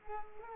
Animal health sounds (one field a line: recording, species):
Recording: mosquito wingbeat signal from an infrared sensor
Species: Culex pipiens